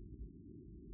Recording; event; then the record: neck accelerometer signal played as sound; no cough (speech, laughter, throat clearing or background)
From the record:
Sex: female